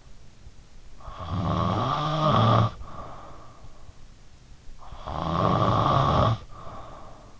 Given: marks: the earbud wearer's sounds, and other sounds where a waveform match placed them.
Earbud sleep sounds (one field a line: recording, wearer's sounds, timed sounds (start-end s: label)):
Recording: sounds in sleep by an in-ear microphone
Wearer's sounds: snoring breath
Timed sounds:
1.04-3.81 s: snoring breath
4.84-7.40 s: snoring breath